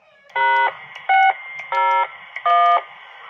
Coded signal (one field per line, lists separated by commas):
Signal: DTMF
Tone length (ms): 330 ms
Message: #601